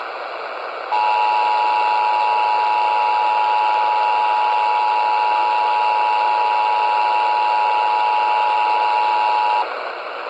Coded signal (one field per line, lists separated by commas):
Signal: Emergency Alert System (SAME) tones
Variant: 853 and 960 Hz attention tone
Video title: Eas svr on wbap 820am Eas#660